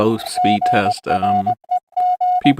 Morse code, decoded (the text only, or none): GREG